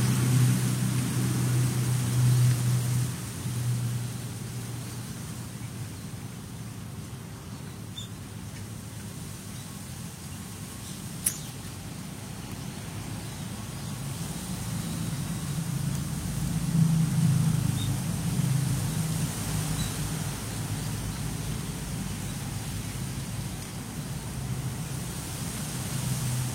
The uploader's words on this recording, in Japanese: とある風のある落ち葉の中。風に吹かれる木々たち。風防がなかったから落ち葉の中にマイクを埋めてみましたがどうでしょう。